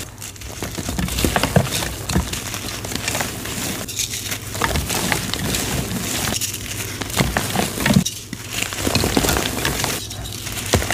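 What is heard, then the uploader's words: Gym chalk is crushed and rubbed in a continuous crunching and grinding that carries on throughout, dense and gritty with sharp crackling snaps. The texture swells and eases in rough waves, with brief lulls near 4 and 8 seconds, over a low steady hum. Random Gym Chalk Crushes.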